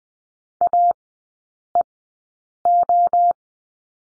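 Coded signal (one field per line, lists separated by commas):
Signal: Morse code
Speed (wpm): 20 wpm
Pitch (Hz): 700 Hz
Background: none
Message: AEO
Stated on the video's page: Morse course lesson drilling letter O in three-character groups, Farnsworth speed 20/10 wpm.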